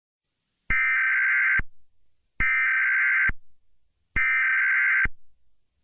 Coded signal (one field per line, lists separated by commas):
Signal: Emergency Alert System (SAME) tones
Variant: header bursts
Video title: Emergency Alert System: Education For Kids